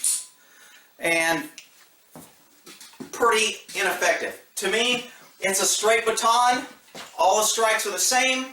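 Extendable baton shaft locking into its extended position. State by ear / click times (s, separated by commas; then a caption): seated / 0.0 s. A plastic and aluminum extendable baton is opened, and its shaft locks into its extended position with a single sharp mechanical click at 0.0 s. Someone then talks for the rest of the clip.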